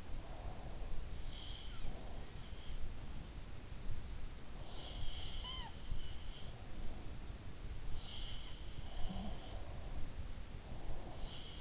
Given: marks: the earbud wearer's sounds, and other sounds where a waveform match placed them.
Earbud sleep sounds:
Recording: sounds in sleep by an in-ear microphone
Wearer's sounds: breath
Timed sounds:
0.00-1.17 s: breath
1.18-2.63 s: sound from someone else or the room
4.53-6.26 s: sound from someone else or the room
8.00-11.61 s: sound from someone else or the room
8.82-11.61 s: breath

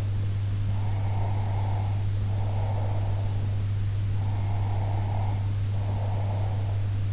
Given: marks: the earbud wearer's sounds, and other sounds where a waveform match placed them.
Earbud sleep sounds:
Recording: sounds in sleep by an in-ear microphone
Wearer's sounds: breath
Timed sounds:
0.81-3.53 s: breath
4.10-6.76 s: breath

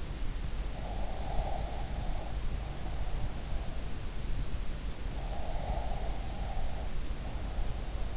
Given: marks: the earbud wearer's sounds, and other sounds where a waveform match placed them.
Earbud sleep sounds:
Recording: sounds in sleep by an in-ear microphone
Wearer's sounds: breath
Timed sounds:
0.77-3.28 s: breath
5.32-8.17 s: breath

